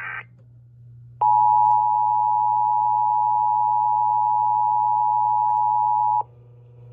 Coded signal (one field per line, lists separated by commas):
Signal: Emergency Alert System (SAME) tones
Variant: 853 and 960 Hz attention tone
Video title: EAS 1075: KDKA EAS TEST (+ Relay)